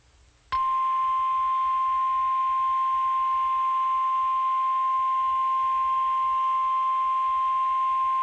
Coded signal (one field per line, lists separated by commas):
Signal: Emergency Alert System (SAME) tones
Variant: 1050 Hz attention tone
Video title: EAS#995-1004 1000th alert EAS Alerts from April 9th, 16th & 17th of 2024.